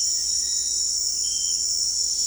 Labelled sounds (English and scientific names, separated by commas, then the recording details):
none
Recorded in dense forest near Puerto Asís, Putumayo, Colombia, on 9 March 2025 at 18:00
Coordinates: 0.499, -76.324
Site GP03